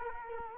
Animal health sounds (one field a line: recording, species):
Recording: mosquito wingbeat signal from an infrared sensor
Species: Culex quinquefasciatus